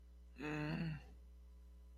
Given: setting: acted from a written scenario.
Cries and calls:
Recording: vocal sound without words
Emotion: sympathy

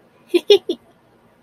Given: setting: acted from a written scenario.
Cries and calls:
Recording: vocal sound without words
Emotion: amusement

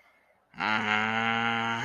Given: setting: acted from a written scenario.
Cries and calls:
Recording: vocal sound without words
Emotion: anger

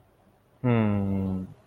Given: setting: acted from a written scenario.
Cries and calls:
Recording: vocal sound without words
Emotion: shame

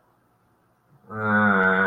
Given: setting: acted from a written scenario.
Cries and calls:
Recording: vocal sound without words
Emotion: guilt

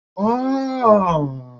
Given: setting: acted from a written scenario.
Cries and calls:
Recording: vocal sound without words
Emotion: realization

